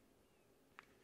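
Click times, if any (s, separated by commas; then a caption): 0.8 s. An RC truck's rear axle half shaft, turned until it stops turning, is pressed into the rear stub axle drive cup against a low, steady background hiss. A single sharp snap at 0.8 s marks the axle seating in the drive cup, leaving it solid.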